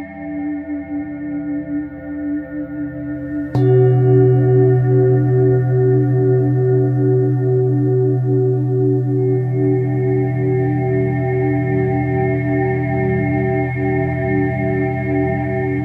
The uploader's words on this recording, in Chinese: 肠及DNA频率281-528Hz丨颂钵。